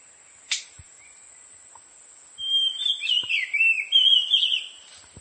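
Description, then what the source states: Oriental magpie-robin song: a short run of varied, clear whistled notes rising and falling, with a faint steady high tone throughout. Subspecies Copsychus saularis musicus.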